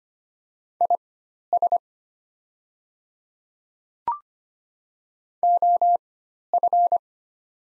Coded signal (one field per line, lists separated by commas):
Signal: Morse code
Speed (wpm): 25 wpm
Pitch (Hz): 700 Hz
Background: none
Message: IS OF